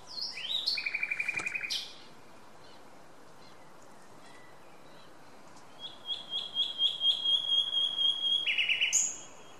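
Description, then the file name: Common nightingale song: a fast repeated rattling phrase, a silent gap, then a series of clear repeated notes ending in a brief louder burst. "Luscinia megarhynchos"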